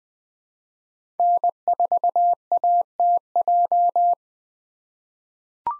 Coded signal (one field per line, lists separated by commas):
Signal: Morse code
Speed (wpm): 20 wpm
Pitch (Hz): 700 Hz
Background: none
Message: N4ATJ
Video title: 2023 POTA Activator Call Signs - 20wpm